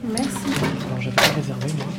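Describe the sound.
A discreet wooden door leading down three steps to a lecture venue swings open with a short, sharp scrape and knock partway through, set against a steady murmur of people talking.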